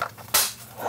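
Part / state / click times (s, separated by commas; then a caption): insert wall piece into board game insert tray / seated / 0.3 s. A wall piece of a replacement board-game insert is pressed into the insert tray. A faint tap sounds at the start, then a sharp, bright snap at 0.4 s as the piece clips into place, confirming it is seated.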